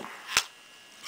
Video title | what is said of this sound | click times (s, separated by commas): Soundout Review - Transformers Revenge of the Fallen - Voyager Class Bludgeon | there i popped into place now | 0.4 s